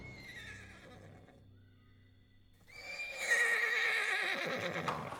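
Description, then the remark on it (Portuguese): A mare kept in a stable neighs: a low, rumbling snort first, then after a brief lull a loud, shrill, agitated whinny that wavers and shudders through the second half. “Talvez fosse melhor pegar uma égua menos agitada, princesa.”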